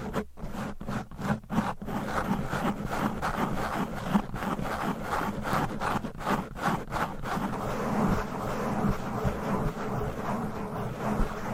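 Fast, aggressive tapping and scratching. The first two seconds bring a quick run of sharp taps, then a dense, rough scratching takes over with a heavy low rumble underneath and occasional louder knocks throughout.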